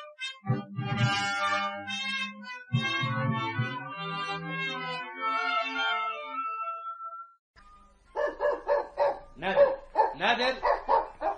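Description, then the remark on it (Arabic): A trainee dog named Nader barks and yelps loudly in drawn-out, whining bursts, then after a brief pause lets out a quick, rhythmic string of sharp barks. “بس يا نادر، بس انا مش عايز اوجه، بس بس بس”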